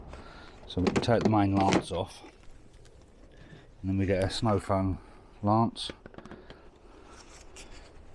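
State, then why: Not seated. Someone talks while a snow foam lance is handled at the push-and-twist connector of a pressure washer gun, with faint taps and knocks around 6.2–6.5 s and 7.6 s. The lance has not yet been pushed in and twisted to lock, so nothing has seated or clicked yet.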